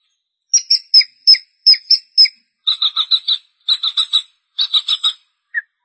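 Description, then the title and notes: Long-tailed shrike song: a run of high, clipped notes repeated in quick succession, then buzzy chattering bursts in three groups of several, ending with a single lower note. Recorded March 2017. "Pentet 201703. Suara burung pentet"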